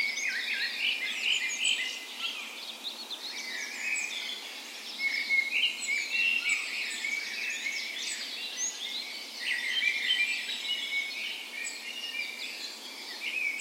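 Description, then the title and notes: Birds calling and singing over one another at dawn, busy chirps and quick trills throughout with occasional short downward whistles. Spring dawn chorus in a park west in Bergen, Norway, morning of 17 May, Norway's National Day; Sony PCM A10 recorder with LOM micro Usi mics as tree ears. "17th Of May Dawn Chorus. Recorded on the morning of Norways National Day the 17th of May in a park west in Bergen. Spring is in full effect, and the dawn chorus sounds wonderful!"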